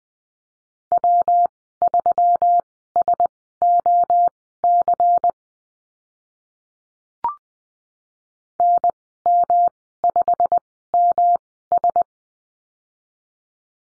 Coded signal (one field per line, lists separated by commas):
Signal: Morse code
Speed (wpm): 20 wpm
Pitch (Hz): 700 Hz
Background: none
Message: W3SOC NM5MS